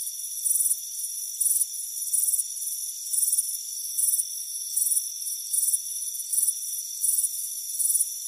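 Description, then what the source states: Cricket chirps in distinct shrill bursts, a little over one per second, over a continuous thin background hum. Crickets chirping on a warm afternoon on a front porch.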